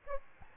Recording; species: mosquito wingbeat signal from an infrared sensor; Aedes albopictus